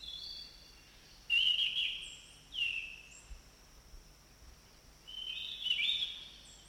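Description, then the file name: Orange-banded thrush song: a long thin whistle, then three bright warbled phrases, separated by quiet, over a steady faint hum. In forest. "anis cendana hutan omkicau"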